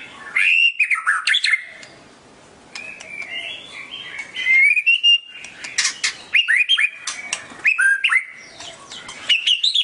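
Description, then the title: Oriental magpie-robin singing a loud, varied song of rich whistled phrases, rising and falling notes and sharp chirps, delivered in bursts separated by short pauses. "Kicau Kacer"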